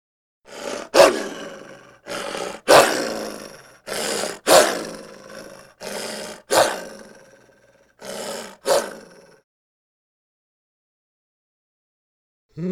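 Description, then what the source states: Dog giving growly, moaning vocal bursts, several drawn-out grumbles over about nine seconds, each with a sharp onset and fading tail, then a pause. Growly "talking" vocalisation.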